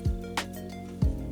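A flex ribbon cable is being handled and pressed toward a large board-to-board connector on the logic board of a 1st-generation iPad Mini. There are low handling thumps near 0.1 s and 1.0 s and a brief bright tick at 0.4 s over a steady background hum. Nothing has seated or clicked yet.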